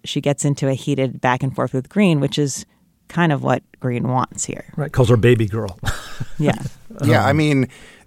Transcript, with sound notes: She gets into a heated back-and-forth with Greene, which is kind of what Greene wants here.
Right - calls her baby girl (laughter).
Yeah.
Yeah.